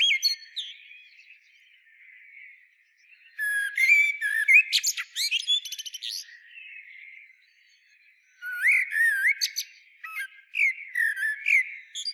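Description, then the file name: Eurasian blackbird delivering whistled, warbling phrases that break into high squeaky flourishes, two main bursts several seconds apart. "Turdus merula"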